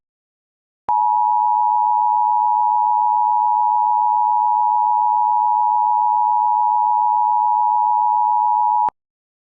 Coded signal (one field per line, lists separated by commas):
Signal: Emergency Alert System (SAME) tones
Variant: 853 and 960 Hz attention tone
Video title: EAS state of emergency for New York City due to record blizzard conditions.